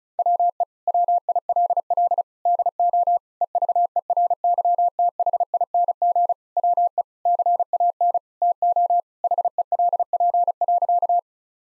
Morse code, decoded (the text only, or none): WE WILL DO EVERYTHING WE CAN TO HELP.